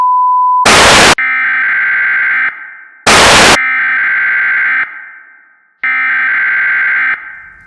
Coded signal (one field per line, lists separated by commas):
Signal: Emergency Alert System (SAME) tones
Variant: header bursts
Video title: EAS Scenario: Yukina Part 2